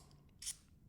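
A camera quick release plate, the FalCam Multi-Hole F38, is handled and slid toward its F38 quick release base clamp. A short, bright sliding hiss runs from about 0.4 to 0.5 seconds over a low steady hum. Nothing has seated or clicked yet when the clip ends.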